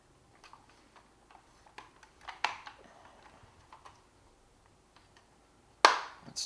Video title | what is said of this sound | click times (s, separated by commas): Star Wars Imperial Troop Transporter Restoration - Part 2/2 Vintage Kenner 1979 | two you can hear it click make sure that the the body | 5.9 s